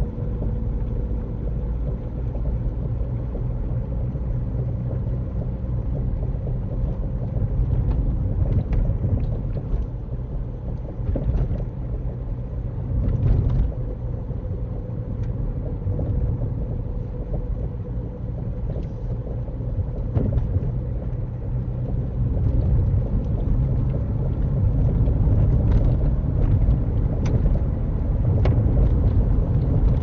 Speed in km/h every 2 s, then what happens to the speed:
44, 45, 45, 44, 45, 45, 42, 44, 44, 45, 45, 50, 52, 55, 58.
0-18 steady at about 44. 18-30 speeds up to 58.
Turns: none.